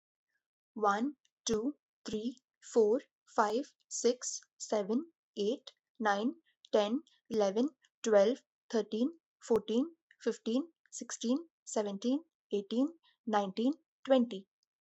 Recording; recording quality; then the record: counting at a normal pace; excellent, no background noise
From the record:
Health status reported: recovered from COVID-19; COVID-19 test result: positive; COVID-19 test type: RT-PCR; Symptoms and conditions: loss of smell and taste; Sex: female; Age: 22 years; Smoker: no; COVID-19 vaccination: both doses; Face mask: not worn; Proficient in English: yes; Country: India